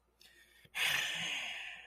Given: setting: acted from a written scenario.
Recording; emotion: vocal sound without words; guilt